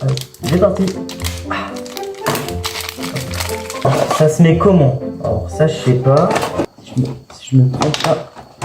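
A plastic piece is handled while assembling a Beyblade X spinning-top battle arena from Hasbro, with music playing throughout and someone talking. A few short knocks and thunks come from the handling. Nothing has seated or clicked into place yet.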